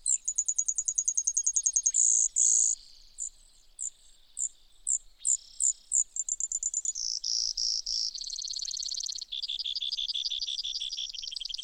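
Brewer's sparrow song: a rapid high trill, a few spaced notes, then several lower buzzy trills running on without pause.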